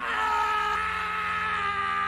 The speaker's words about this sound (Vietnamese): Kế đó chỉ còn tiếng gào khóc của Hứa Lâm vang lên thê thảm, yếu dần rồi im bặt đi.